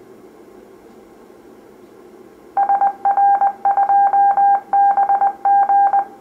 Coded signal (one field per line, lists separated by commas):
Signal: Morse code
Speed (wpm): 20 wpm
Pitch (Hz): 800 Hz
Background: none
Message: SR2BG